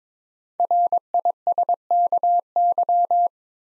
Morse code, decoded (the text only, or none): RISKY